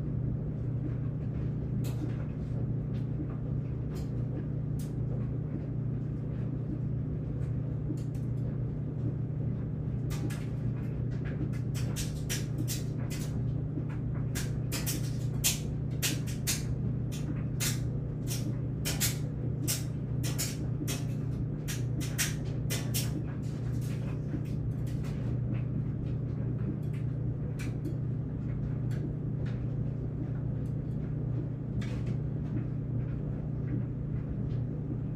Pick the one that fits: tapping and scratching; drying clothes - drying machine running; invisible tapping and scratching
drying clothes - drying machine running